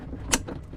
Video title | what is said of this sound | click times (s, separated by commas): From ZERO to CRUISING in 7 Crazy Days [Making Our Way Ep 76] | Clicks right in, has another little set screw, and then this will just mount up just like that. | 0.3 s